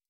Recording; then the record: hydrophone in a shrimp aquaculture tank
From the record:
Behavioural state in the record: stressed